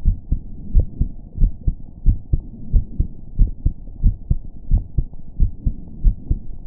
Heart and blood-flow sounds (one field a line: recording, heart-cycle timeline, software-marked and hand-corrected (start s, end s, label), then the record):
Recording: heart sounds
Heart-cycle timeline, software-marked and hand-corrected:
0.00	0.05	diastole
0.05	0.17	S1
0.17	0.31	systole
0.31	0.41	S2
0.41	0.73	diastole
0.73	0.87	S1
0.87	0.99	systole
0.99	1.09	S2
1.09	1.39	diastole
1.39	1.51	S1
1.51	1.65	systole
1.65	1.75	S2
1.75	2.05	diastole
2.05	2.17	S1
2.17	2.31	systole
2.31	2.41	S2
2.41	2.73	diastole
2.73	2.85	S1
2.85	2.99	systole
2.99	3.09	S2
3.09	3.39	diastole
3.39	3.53	S1
3.53	3.65	systole
3.65	3.73	S2
3.73	4.03	diastole
4.03	4.15	S1
4.15	4.29	systole
4.29	4.39	S2
4.39	4.71	diastole
4.71	4.83	S1
4.83	4.97	systole
4.97	5.07	S2
5.07	5.39	diastole
5.39	5.51	S1
5.51	5.65	systole
5.65	5.75	S2
5.75	6.03	diastole
6.03	6.15	S1
6.15	6.29	systole
6.29	6.39	S2
6.39	6.67	diastole
From the record:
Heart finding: normal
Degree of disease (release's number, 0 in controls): 0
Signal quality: good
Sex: male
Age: 24 years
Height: 1.74 m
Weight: 72 kg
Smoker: no